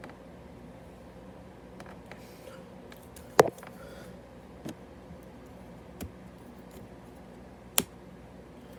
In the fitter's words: Yeah, that clicking.